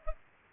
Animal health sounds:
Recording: mosquito wingbeat signal from an infrared sensor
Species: Aedes aegypti

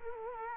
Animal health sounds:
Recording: mosquito wingbeat signal from an infrared sensor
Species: Culex quinquefasciatus

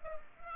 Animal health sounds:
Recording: mosquito wingbeat signal from an infrared sensor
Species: Culex pipiens

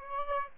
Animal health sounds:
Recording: mosquito wingbeat signal from an infrared sensor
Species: Aedes albopictus

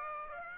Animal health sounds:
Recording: mosquito wingbeat signal from an infrared sensor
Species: Aedes aegypti

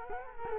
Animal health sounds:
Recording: mosquito wingbeat signal from an infrared sensor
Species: Culex quinquefasciatus

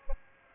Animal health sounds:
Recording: mosquito wingbeat signal from an infrared sensor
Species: Aedes aegypti

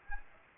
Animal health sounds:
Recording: mosquito wingbeat signal from an infrared sensor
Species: Aedes aegypti

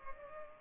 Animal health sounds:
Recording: mosquito wingbeat signal from an infrared sensor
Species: Culex pipiens

